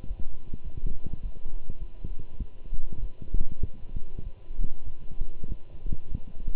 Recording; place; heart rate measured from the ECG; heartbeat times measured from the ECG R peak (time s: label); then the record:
heart sounds by stethoscope; between the tricuspid and mitral areas; 100 bpm
0.08 s: heartbeat
0.64 s: heartbeat
1.22 s: heartbeat
1.79 s: heartbeat
2.39 s: heartbeat
3.01 s: heartbeat
3.62 s: heartbeat
4.24 s: heartbeat
4.86 s: heartbeat
5.48 s: heartbeat
6.08 s: heartbeat
From the record:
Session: walking at 3.7 km/h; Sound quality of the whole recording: good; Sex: male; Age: 24 years